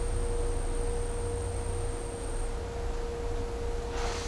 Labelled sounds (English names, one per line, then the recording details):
none
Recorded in dense forest near Puerto Asís, Putumayo, Colombia, on 22 December 2024 at 10:30
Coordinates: 0.503, -76.323
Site G043